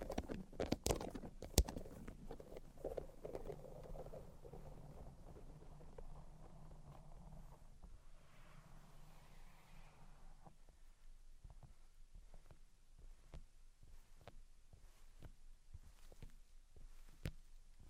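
Tapping and scratching sounds, with sharp clicks scattered across the whole clip and a few louder hits near the start. For the first ten seconds a dense, low rubbing texture runs underneath, with a soft hiss of tracing around eight to ten seconds. After that only sparse, quieter taps remain.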